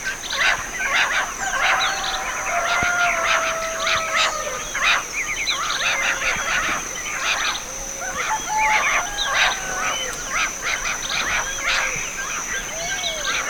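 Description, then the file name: Bird calls: clicky chirps and trills mixed with a few longer, low, slurred whistles, all over a constant shrill background whine. "SABIOD 50 bird 2015"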